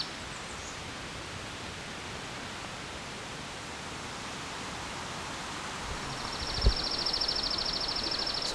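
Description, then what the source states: Chipping sparrow giving a dry, rapid, even trill at a steady high pitch near the end, over constant hissing background noise and a single thump. Singing where a pine warbler might be expected; the song does not fade in and out.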